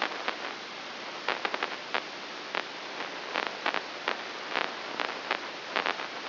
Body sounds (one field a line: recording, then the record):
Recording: brain microelectrode recording played as sound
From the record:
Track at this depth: inside the subthalamic nucleus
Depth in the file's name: 0.606 mm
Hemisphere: right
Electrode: 3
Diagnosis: Parkinson's disease